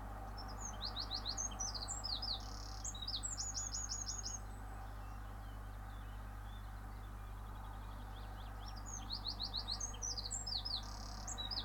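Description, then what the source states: Bird singing high, quick phrases of sharp chips and rapid trills, repeated in short bursts with pauses, over a steady low rumble of traffic. Morning; cars in the background.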